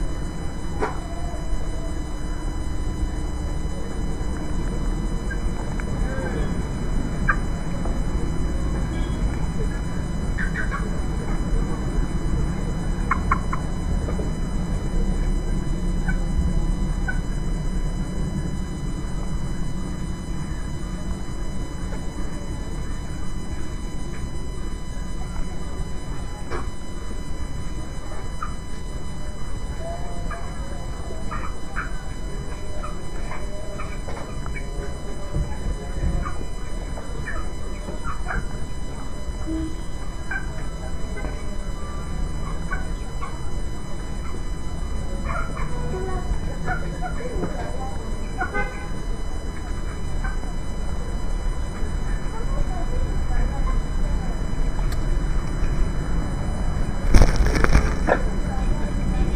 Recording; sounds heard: poultry house recording; healthy chickens